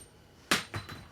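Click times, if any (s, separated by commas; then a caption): 0.5 s. With the hammer of an 1873 Springfield Trapdoor Rifle pulled back two clicks, the trapdoor breech block is flipped up and out of the receiver to eject the fired case. A sharp, bright metallic snap at 0.5 s marks the breech opening, followed by a duller clack at 0.7 s and a faint tick at 1.1 s. The breech block is released and stands open.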